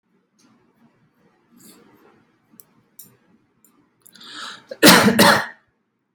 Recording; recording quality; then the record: heavy voluntary cough; moderate, slight background noise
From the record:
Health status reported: healthy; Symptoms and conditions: chronic lung disease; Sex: male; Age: 26 years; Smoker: not ticked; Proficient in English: yes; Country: India